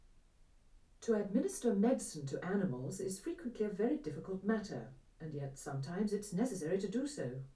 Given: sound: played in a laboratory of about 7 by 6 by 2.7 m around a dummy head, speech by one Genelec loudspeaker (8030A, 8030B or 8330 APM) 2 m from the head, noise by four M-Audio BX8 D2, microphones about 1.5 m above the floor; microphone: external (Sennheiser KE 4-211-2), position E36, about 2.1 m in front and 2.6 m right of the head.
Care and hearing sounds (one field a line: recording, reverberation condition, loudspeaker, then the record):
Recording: female speech in English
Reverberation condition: low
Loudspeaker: 60 degrees to the left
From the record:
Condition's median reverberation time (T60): about 310 ms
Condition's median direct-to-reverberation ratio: about 3.5 dB